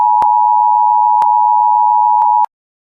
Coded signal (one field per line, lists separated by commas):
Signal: Emergency Alert System (SAME) tones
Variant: 853 and 960 Hz attention tone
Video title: EAS: W-B/Scranton Tornado Emergency